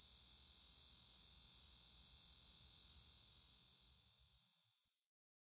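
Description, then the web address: Straight-lanced meadow katydid song: a steady, very high-pitched hissing buzz that runs unbroken for about five seconds, then stops abruptly, leaving silence. North America. "Songs of Insects. Straight-lanced Meadow Katydid"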